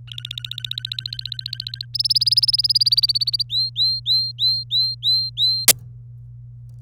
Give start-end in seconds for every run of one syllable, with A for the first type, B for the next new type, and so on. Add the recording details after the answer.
0.07-1.85 A, 1.94-3.43 B, 3.49-5.65 C. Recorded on 26 April 2018 at 16:38. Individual llb3